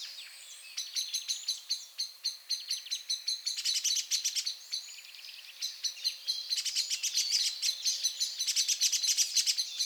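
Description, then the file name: Eurasian blackbird producing steady trains of sharp clicking notes that build into dense rattling bursts, with thin high squeaks. "Turdus merula"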